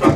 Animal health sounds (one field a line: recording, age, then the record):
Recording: pig call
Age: growing-finishing pig (85 days or more)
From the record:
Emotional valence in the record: positive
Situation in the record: run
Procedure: transit